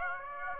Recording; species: mosquito wingbeat signal from an infrared sensor; Aedes aegypti